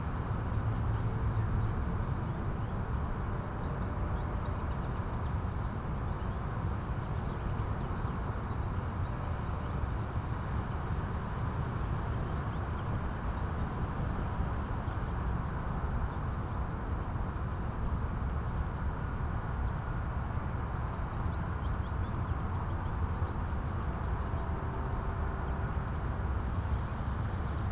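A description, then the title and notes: A steady, dense rush of wind and city noise fills a park on a breezy day, heavy in the low end and unchanging throughout. Small bright chirps from birds flicker high above it, scattered across the whole stretch. City Park on a Breezy Day Ambient Noise.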